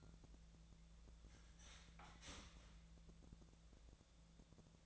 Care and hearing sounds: daily activity, microphone in the room; start toaster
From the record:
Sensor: 3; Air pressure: 1000.2 hPa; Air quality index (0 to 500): 154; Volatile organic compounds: 3 ppm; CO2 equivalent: 1359 ppm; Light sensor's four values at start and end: 38/96/40/44 and 38/97/41/44

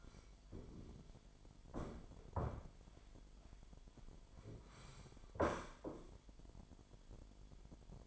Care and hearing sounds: daily activity, microphone in the room; sit down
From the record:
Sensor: 5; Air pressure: 998.6 hPa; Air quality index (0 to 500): 83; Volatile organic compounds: 1 ppm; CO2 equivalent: 949 ppm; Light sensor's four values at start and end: 42/102/42/47 and 42/102/42/47

